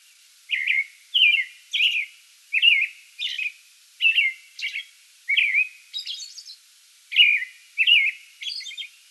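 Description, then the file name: American robin delivering a steady series of liquid whistled phrases, slurred up and down, with brief high-pitched squeaky notes inserted among them. Song bout recorded 8 May 2022. "2022-05-08 American Robin song bout"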